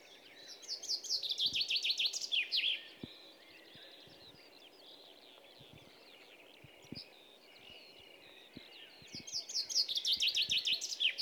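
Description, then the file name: Common chaffinch song: two bright descending trills, the first ending in a brisk flourish, about eight seconds apart, with quieter bird chirps between them. "Fringilla coelebs"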